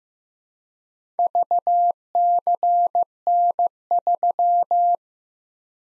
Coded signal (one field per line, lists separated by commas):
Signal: Morse code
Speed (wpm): 15 wpm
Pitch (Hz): 700 Hz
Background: none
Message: VCN3